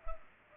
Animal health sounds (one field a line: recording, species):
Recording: mosquito wingbeat signal from an infrared sensor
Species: Culex pipiens